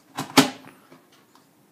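A wireless keyboard's battery tube is pushed into the other side of an aluminium keyboard–trackpad connector bar. A brief rustle at about 0.2 s leads into a loud snap at 0.4 s, followed by faint small knocks and a sharp tick near the end. The keyboard seats in the bar, making the two one piece.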